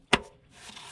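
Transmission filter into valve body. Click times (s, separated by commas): 0.1 s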